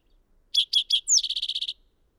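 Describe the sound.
Bird song: three separate high chirps, then a quick downslurred note leading into a fast trill of clipped high notes lasting under a second.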